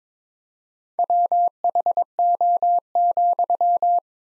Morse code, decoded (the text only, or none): WHO,